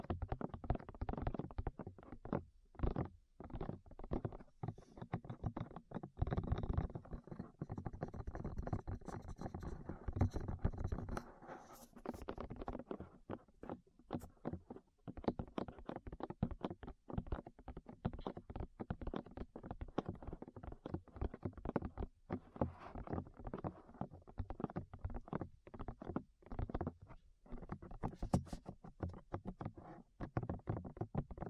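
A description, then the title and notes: Ear tapping close to the microphone makes a dense, irregular run of soft, muffled thumps and pats, weighted low and dull. The taps come rapidly with brief pauses between bursts, and a lighter, airier rustle shows up around ten seconds in. ASMR Tap Your Ears 3Dio (No Talking).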